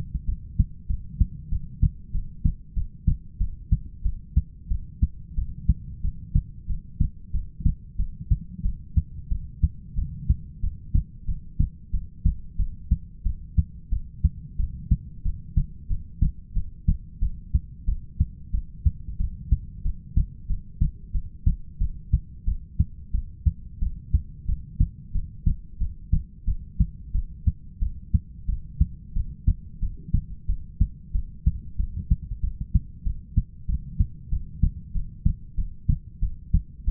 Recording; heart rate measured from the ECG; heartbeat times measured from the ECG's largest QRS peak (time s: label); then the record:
heart sounds by stethoscope; 92 bpm
0.27 s: heartbeat
0.88 s: heartbeat
1.50 s: heartbeat
2.13 s: heartbeat
2.75 s: heartbeat
3.39 s: heartbeat
4.04 s: heartbeat
4.69 s: heartbeat
5.36 s: heartbeat
6.03 s: heartbeat
6.68 s: heartbeat
7.32 s: heartbeat
7.98 s: heartbeat
8.63 s: heartbeat
9.30 s: heartbeat
9.96 s: heartbeat
10.62 s: heartbeat
11.27 s: heartbeat
11.92 s: heartbeat
12.58 s: heartbeat
13.24 s: heartbeat
13.91 s: heartbeat
14.58 s: heartbeat
15.24 s: heartbeat
15.89 s: heartbeat
16.55 s: heartbeat
17.21 s: heartbeat
17.87 s: heartbeat
18.52 s: heartbeat
19.19 s: heartbeat
19.84 s: heartbeat
20.48 s: heartbeat
21.13 s: heartbeat
21.80 s: heartbeat
22.46 s: heartbeat
23.13 s: heartbeat
23.81 s: heartbeat
24.47 s: heartbeat
25.14 s: heartbeat
25.79 s: heartbeat
26.46 s: heartbeat
27.13 s: heartbeat
27.80 s: heartbeat
28.47 s: heartbeat
29.14 s: heartbeat
29.81 s: heartbeat
30.47 s: heartbeat
31.13 s: heartbeat
31.78 s: heartbeat
32.42 s: heartbeat
33.05 s: heartbeat
33.67 s: heartbeat
34.31 s: heartbeat
34.93 s: heartbeat
35.56 s: heartbeat
36.21 s: heartbeat
36.86 s: heartbeat
From the record:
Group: heart failure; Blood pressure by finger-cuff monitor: 107/69 mmHg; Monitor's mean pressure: 82 mmHg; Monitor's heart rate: 91 bpm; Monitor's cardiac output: 7.8 L/min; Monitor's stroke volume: 85 mL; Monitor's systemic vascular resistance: 770 dyn s/cm5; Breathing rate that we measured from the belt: 13 breaths a minute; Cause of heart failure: ischemic heart disease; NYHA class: 1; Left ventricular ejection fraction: 38%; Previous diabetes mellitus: present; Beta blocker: bisoprolol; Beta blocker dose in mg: 15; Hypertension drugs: sacubitril-valsartan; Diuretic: furosemide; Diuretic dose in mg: 20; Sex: male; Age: 33 years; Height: 172 cm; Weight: 78.5 kg